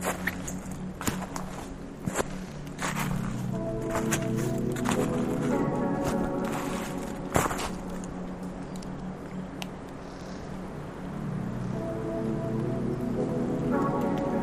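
Mountain sounds: a steady low rumble with scattered clicks and soft taps like drips throughout. A sustained, layered tone swells in around four seconds, a sharp snap lands near seven, and the tone fades, then returns near the end.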